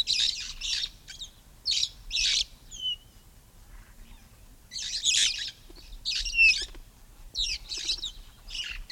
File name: red fronted parrot